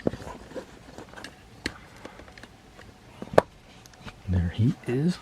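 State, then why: Seated. The plastic knee joints on the legs of a custom Transformers Rise of the Beasts Studio Series Rhinox action figure are moved into place during transformation. Faint handling rustle is followed by two sharp clicks at 1.7 s and 3.4 s as the knees seat, one per knee. Someone talks briefly near the end.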